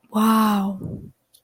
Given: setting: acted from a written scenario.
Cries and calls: vocal sound without words; awe

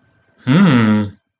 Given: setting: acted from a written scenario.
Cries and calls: vocal sound without words; interest

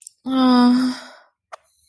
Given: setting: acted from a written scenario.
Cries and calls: vocal sound without words; guilt

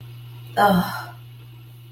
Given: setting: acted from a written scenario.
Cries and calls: vocal sound without words; relief

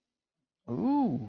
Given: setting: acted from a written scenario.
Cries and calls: vocal sound without words; desire

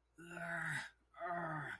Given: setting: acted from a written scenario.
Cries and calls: vocal sound without words; pain

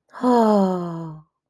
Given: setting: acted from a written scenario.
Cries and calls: vocal sound without words; adoration

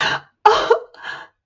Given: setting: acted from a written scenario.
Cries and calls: vocal sound without words; positive surprise

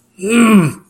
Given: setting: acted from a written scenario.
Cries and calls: vocal sound without words; anger

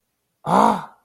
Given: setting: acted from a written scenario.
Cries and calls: vocal sound without words; fear

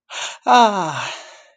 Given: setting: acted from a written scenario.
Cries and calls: vocal sound without words; elation

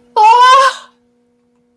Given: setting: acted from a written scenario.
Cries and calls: vocal sound without words; positive surprise

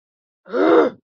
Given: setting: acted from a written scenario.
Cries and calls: vocal sound without words; anger

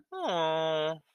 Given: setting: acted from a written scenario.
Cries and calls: vocal sound without words; sadness

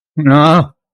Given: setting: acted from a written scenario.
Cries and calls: vocal sound without words; negative surprise

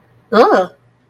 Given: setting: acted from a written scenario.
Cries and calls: vocal sound without words; negative surprise

